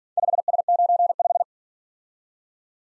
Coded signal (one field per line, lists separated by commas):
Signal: Morse code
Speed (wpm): 48 wpm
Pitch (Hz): 700 Hz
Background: none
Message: 5S95